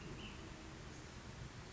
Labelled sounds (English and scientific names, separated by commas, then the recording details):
Ash-throated Flycatcher (Myiarchus cinerascens)
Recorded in Sonoma County, California